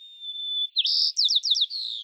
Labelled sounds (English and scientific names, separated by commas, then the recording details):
White-crowned Sparrow (Zonotrichia leucophrys) song
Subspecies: nuttalli
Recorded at Morro Bay, California, in 2014
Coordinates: 35.370, -120.866
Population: south
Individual MORR_maleC_14